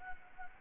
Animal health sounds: mosquito wingbeat signal from an infrared sensor; Anopheles gambiae

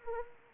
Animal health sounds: mosquito wingbeat signal from an infrared sensor; Anopheles arabiensis

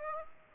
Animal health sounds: mosquito wingbeat signal from an infrared sensor; Aedes aegypti

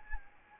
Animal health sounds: mosquito wingbeat signal from an infrared sensor; Anopheles arabiensis

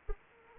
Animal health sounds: mosquito wingbeat signal from an infrared sensor; Anopheles arabiensis

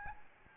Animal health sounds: mosquito wingbeat signal from an infrared sensor; Aedes albopictus

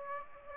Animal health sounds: mosquito wingbeat signal from an infrared sensor; Aedes aegypti

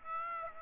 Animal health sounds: mosquito wingbeat signal from an infrared sensor; Aedes aegypti

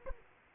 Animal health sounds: mosquito wingbeat signal from an infrared sensor; Aedes aegypti

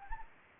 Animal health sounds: mosquito wingbeat signal from an infrared sensor; Anopheles gambiae

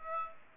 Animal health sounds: mosquito wingbeat signal from an infrared sensor; Aedes aegypti

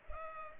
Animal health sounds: mosquito wingbeat signal from an infrared sensor; Culex pipiens

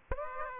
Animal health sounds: mosquito wingbeat signal from an infrared sensor; Aedes aegypti

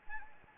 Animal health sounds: mosquito wingbeat signal from an infrared sensor; Anopheles arabiensis

